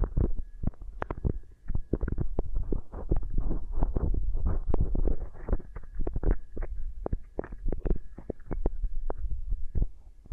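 Beeswax is pressed and worked against the ear, making a dense run of soft, sticky crackles and quick taps that come several times a second without a steady rhythm. Dull low thumps and a muffled rumble sit under the clicks throughout.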